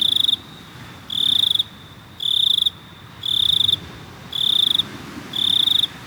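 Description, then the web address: Cricket chirps: six evenly spaced bursts of shrill, high-pitched trilling, each about half a second long, separated by brief pauses over a soft low hum. "best service Blue Box animals crickets 1"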